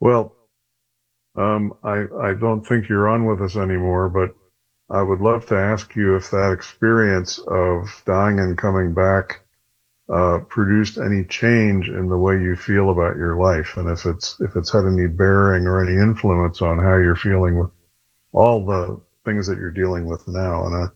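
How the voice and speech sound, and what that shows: One adult man speaks fluently at a low, steady pitch, asking a long question with a few brief pauses.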